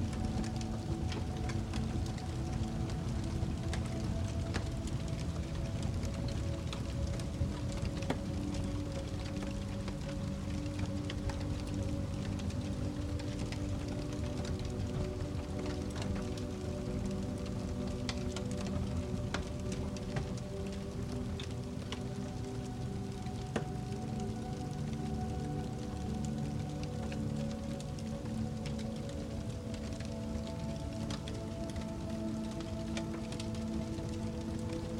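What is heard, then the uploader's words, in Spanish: Soft, relaxing music of long sustained low and middle tones holds steady throughout, slowly shifting between chords. Over it, a fireplace crackles constantly with small dry pops and snaps, scattered irregularly and a few slightly sharper, at an even level. MÚSICA Relajante Acompañada del Crepitar del FUEGO. Esta excepcional experiencia auditiva combina una música relajante y envolvente con el suave crepitar de una chimenea, creando así un ambiente cálido y tranquilizador.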